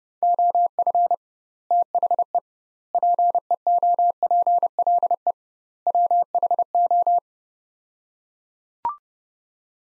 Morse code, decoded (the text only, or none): OF THE PEOPLE WHO